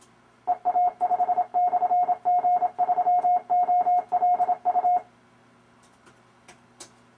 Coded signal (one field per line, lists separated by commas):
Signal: Morse code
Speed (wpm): 28 wpm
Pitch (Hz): 720 Hz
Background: none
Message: EA5/G3OLU